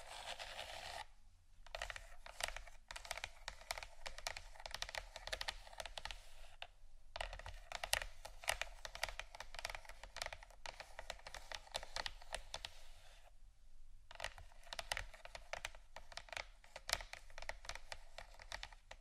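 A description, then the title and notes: Scratching and tapping textures come in three dense bursts of quick, bright, clicky strokes, like rapid typing, separated by short pauses around 1, 7 and 13.5 seconds. A faint low hum runs underneath throughout. ASMR Textures Scratching & Tapping (No Talking).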